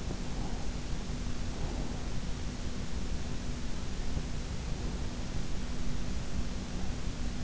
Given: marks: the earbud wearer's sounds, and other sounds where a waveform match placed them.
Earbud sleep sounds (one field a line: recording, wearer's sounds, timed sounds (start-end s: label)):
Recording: sounds in sleep by an in-ear microphone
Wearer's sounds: breath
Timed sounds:
0.29-2.24 s: breath